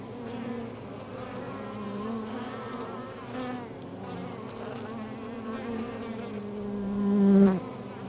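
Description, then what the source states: Honey bees humming in a steady chorus, one bee growing sharply louder near the end as it passes before the drone settles again. Recorded outside a beehive.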